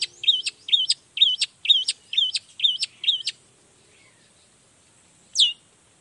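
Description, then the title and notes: Long-tailed shrike repeating a wavering whistled phrase about twice a second, pausing, then giving one sharp descending note. Singing loudly in the morning with varied 'toet toet' sounds, prompting other shrikes to respond. "Cendet Gacor Dor Di Kala Pagi Toet Toet Variasi Suara. Cendet Gacor Pagi Hari Biangnya Bikin Cendet Manapun Langsung On Nyaut. Burung cendet"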